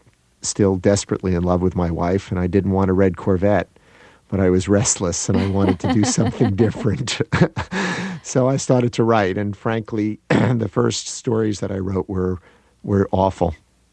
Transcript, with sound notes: I'm still desperately in love with my wife, and I didn't want a red Corvette, but I was restless, and I wanted to do something different.
(LAUGHTER)
So I started to write, and frankly, the first stories that I wrote were awful,